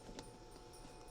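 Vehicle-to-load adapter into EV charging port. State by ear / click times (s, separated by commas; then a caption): not seated / none. A vehicle-to-load power adapter is handled at the opening of a Fisker Ocean's charging port, with the DC cover already removed. There is faint handling noise and a brief sharp tap around 0.2 s over a low background hum. Nothing has seated or clicked yet.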